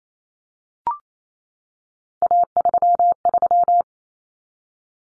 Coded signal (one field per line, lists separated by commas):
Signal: Morse code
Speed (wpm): 28 wpm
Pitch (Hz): 700 Hz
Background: none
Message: A33